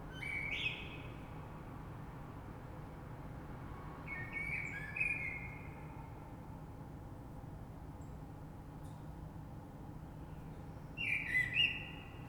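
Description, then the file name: Common blackbird song: three short fluted phrases spaced several seconds apart, each with a thin high squeak, quiet pauses between and faint low noise throughout. Recorded 3 March 2020. "Rush Merle"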